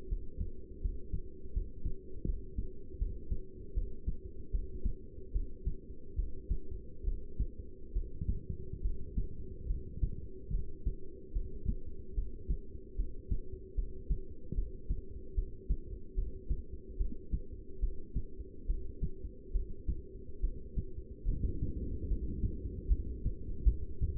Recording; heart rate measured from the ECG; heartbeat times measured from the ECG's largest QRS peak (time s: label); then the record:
heart sounds by stethoscope; 74 bpm
0.09 s: heartbeat
0.82 s: heartbeat
1.54 s: heartbeat
2.26 s: heartbeat
2.99 s: heartbeat
3.75 s: heartbeat
4.52 s: heartbeat
5.33 s: heartbeat
6.16 s: heartbeat
7.05 s: heartbeat
7.93 s: heartbeat
8.82 s: heartbeat
9.67 s: heartbeat
10.51 s: heartbeat
11.33 s: heartbeat
12.15 s: heartbeat
12.97 s: heartbeat
13.76 s: heartbeat
14.55 s: heartbeat
15.35 s: heartbeat
16.15 s: heartbeat
16.98 s: heartbeat
17.80 s: heartbeat
18.67 s: heartbeat
19.53 s: heartbeat
20.41 s: heartbeat
21.26 s: heartbeat
22.08 s: heartbeat
22.88 s: heartbeat
23.64 s: heartbeat
From the record:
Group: heart failure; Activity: Valsalva maneuver 0-20 s, rest 20-24 s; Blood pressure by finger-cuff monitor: 177/112 mmHg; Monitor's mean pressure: 134 mmHg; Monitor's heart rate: 72 bpm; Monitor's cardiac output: 7.6 L/min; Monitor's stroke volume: 104 mL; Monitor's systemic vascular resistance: 1340 dyn s/cm5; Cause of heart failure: non-ischemic cardiomyopathy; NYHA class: 1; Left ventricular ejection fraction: 62%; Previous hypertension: present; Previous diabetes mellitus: present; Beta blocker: bisoprolol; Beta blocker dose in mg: 10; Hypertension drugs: sacubitril-valsartan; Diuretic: furosemide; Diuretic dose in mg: 20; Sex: male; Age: 49 years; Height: 167 cm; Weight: 110 kg